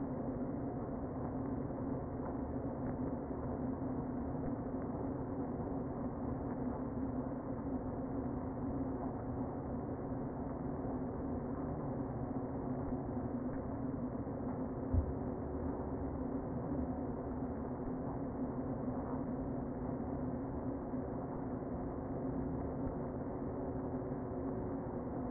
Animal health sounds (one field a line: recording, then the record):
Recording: honeybee colony, microphone inside the hive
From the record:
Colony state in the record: queen present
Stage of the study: before two queens were removed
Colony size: about 60,000 bees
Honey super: yes